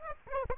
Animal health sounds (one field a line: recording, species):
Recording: mosquito wingbeat signal from an infrared sensor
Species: Aedes aegypti